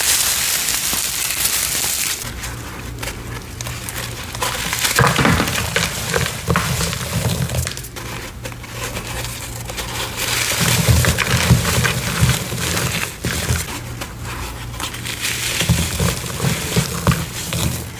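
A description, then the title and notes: Gritty crumbling and crunching of chalk in bursts, with low rumbling pressure swells around five, nine and eleven seconds. Gritty Chalk Textures Overload! Reformed Gym Chalk ASMR compilation with gritty textures, cornstarch crunchies, and chalk blocks.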